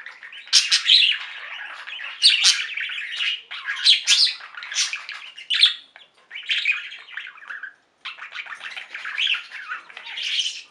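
Budgerigar giving a rambling warble of buzzy chirps and harsh chattering notes in uneven bursts, with a short silent gap late in the sequence.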